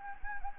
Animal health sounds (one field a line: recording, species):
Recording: mosquito wingbeat signal from an infrared sensor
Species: Anopheles gambiae